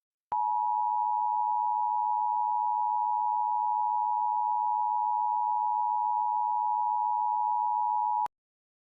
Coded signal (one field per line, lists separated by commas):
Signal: Emergency Alert System (SAME) tones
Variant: 853 and 960 Hz attention tone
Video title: (REDUX) EF6 - a EAS Scenario